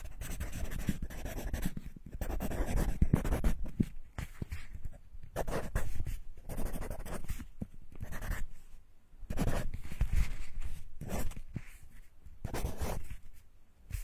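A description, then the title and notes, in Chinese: Pages of a book are turned, dry papery rustles and flicks coming in irregular bursts every second or two. 鹿老师的自习室，在我的翻书声中入睡吧。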